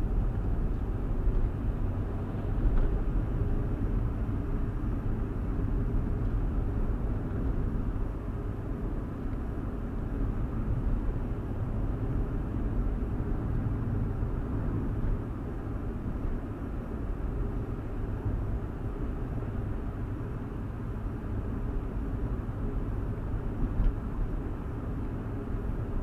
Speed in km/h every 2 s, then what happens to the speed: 53, 60, 56, 58, 56, 56, 56, 56, 58, 58, 58, 58, 58.
0-26 steady at about 58.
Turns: none.